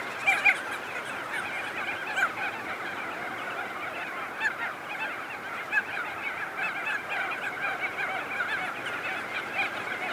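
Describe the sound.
Crested auklets calling in a dense colony chorus, overlapping nasal honks and trumpeting notes, a few louder calls standing out near the start.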